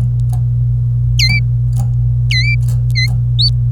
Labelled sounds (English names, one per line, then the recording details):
Domestic Canary song
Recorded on 26 April 2018 at 06:40
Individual llb3